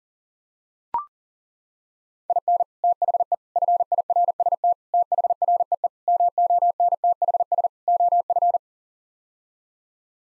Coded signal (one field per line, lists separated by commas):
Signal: Morse code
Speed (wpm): 40 wpm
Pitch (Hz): 700 Hz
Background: none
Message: IN THE FIRST THREE MONTHS OF